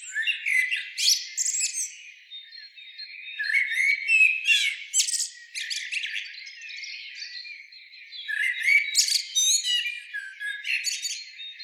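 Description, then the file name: Common blackbird singing in repeated bursts, each a short warble leading into sharp high twittering and squeaks, with a softer stretch midway. "Turdus merula"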